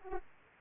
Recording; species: mosquito wingbeat signal from an infrared sensor; Aedes aegypti